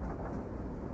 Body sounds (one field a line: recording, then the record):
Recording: background sound without coughing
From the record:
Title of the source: Train Ride Ambience ambient white noise for sleeping, focus, studying, reading